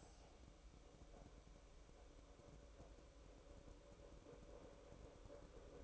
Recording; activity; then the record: daily activity, microphone in the room; make coffee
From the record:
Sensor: 1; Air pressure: 1007.4 hPa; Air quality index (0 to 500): 81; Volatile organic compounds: 1 ppm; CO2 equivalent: 703 ppm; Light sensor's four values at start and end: 7/17/7/7 and 7/17/7/7